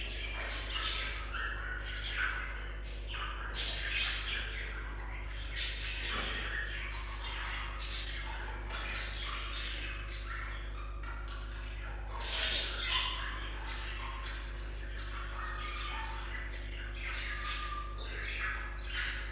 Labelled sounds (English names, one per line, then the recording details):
Budgerigar call
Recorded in captivity
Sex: group
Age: adult
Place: Zoologisches Institut der HUB, Berlin, DE
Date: 1966-11-20
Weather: Zimmertemperatur
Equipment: Smaragd
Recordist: Heydecke, Rolf